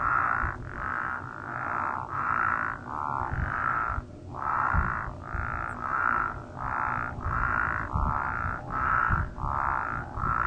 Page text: Spadefoot calls 10 May 2024. Nicola Naturalist Society. Great Basin Spadefoot (Spea intermontana) in the Nicola Valley around Merritt, BC